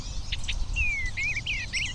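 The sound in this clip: Eastern bluebird warbling song: a soft falling whistle followed by short wavering phrases, with earlier brief chip notes and low rumbling background noise.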